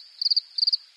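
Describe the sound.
Cricket chirping: two short bursts of high, rapid pulses, each burst made of about four quick beats, with quiet between them.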